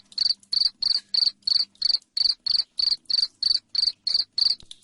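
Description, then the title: Cricket giving a steady series of shrill chirps, roughly three per second, evenly spaced throughout, with a low hum faintly beneath. Loud cricket chirping (jangkrik ngerik) played to make lovebirds sing continuously (ngekek). "Suara JANGKRIK NGERIK Keras Bikin LOVEBIRD Jadi NGEKEK Terus"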